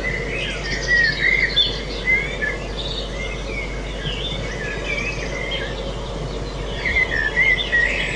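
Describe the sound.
Birds chirping and twittering, with a few bright whistled notes, set against steady background noise.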